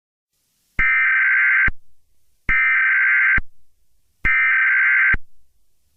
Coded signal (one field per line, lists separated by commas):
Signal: Emergency Alert System (SAME) tones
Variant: header bursts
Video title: EAS Scenario #2: The Deep Freeze (watch till the end)